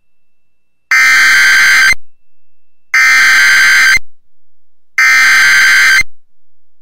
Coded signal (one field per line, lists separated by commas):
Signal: Emergency Alert System (SAME) tones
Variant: header bursts